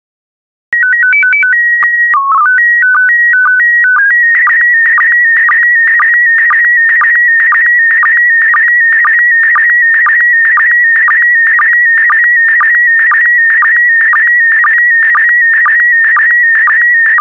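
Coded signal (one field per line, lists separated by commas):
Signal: SSTV (slow-scan television)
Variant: PD 120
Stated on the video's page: PD120-mode SSTV transmissions of still photo images, offered as daily decoding practice.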